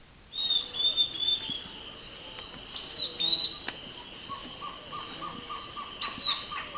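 Bird calls: high whistled phrases that come and go, then a fast run of short, evenly spaced mid-pitched notes near the end, over a constant shrill insect drone.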